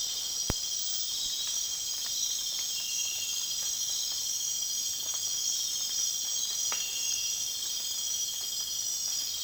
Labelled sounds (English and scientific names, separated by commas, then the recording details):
none
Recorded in dense forest near Puerto Asís, Putumayo, Colombia, on 19 June 2025 at 21:30
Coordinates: 0.466, -76.327
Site GP04